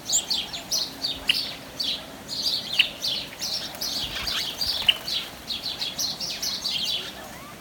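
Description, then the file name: House sparrow chirping, brief noisy chirrups in quick uneven bursts, a few louder sharp notes standing out, thinning toward the end. "Passer domesticus"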